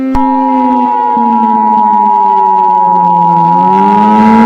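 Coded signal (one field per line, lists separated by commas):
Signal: Emergency Alert System (SAME) tones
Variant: 853 and 960 Hz attention tone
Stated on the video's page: Fictional analog horror EAS scenario, made with software.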